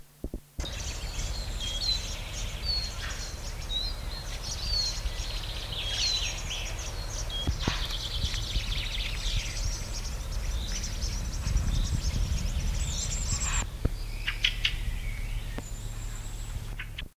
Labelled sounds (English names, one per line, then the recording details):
Fieldfare call
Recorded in the wild
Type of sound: call
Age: immature
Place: Kaltenbronn (Feuchtwangen), Bayern, DE
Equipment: Halbspur, 9,5 cm/s
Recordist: Lütgens, Hans
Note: Nestjunge